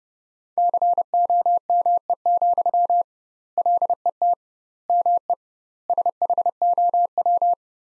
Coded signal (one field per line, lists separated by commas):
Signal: Morse code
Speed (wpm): 32 wpm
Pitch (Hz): 700 Hz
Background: none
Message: COME, LET ME SHOW